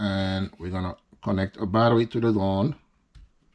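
A battery's power connector is handled at the power socket of a DJI Avata drone while someone talks for most of the clip. A faint short sound comes at about 3.2 s, but nothing has seated or clicked yet.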